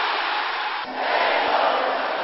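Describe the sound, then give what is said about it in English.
An audience shouting loudly in unison during a prayer, a dense, sustained roar of many voices with a brief dip partway through before swelling again. “And I hear everybody shouting this loud.”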